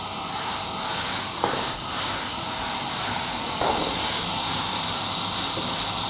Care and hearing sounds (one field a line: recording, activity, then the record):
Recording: daily activity, microphone in the room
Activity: vacuum cleaning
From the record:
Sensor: 3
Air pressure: 994.4 hPa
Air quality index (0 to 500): 208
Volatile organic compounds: 1000 ppm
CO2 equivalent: 6924 ppm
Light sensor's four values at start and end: 54/123/52/50 and 69/163/67/64